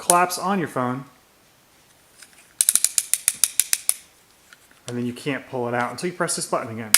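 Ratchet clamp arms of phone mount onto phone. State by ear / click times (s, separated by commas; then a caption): seated / 2.6 s, 2.7 s, 3.3 s, 3.4 s, 3.6 s, 3.9 s. Someone talks, then the plastic side clamp arms of a DesertWest air-vent car phone mount are pushed closed onto a phone, and the ratchet clicks sharply at 2.6, 2.7, 3.3, 3.4, 3.6 and 3.9 seconds as it locks. The clamp is seated and holds the phone until its release button is pressed, and then someone talks again.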